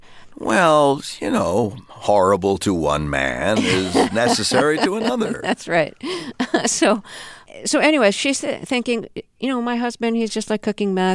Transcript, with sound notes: Well, you know, horrible to one man is necessary to another.
(Laughing) That's right. So anyway, she's thinking, you know, my husband - he's just, like, cooking meth.